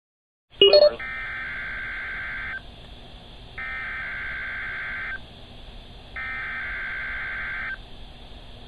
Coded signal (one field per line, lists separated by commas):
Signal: Emergency Alert System (SAME) tones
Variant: header bursts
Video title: Summer 2022 EAS Captures (EAS 125-139)